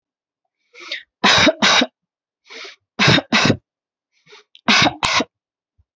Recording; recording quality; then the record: shallow voluntary cough; excellent, no background noise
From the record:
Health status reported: healthy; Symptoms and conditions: none ticked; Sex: female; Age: 25 years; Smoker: not ticked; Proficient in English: yes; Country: India